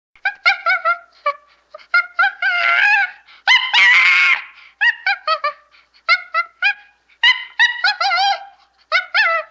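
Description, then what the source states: Chimpanzee chatter: rapid, harsh, barking calls, broken by a long, drawn-out, strained scream in the middle, and then more rapid chattering. Chatter with a scream.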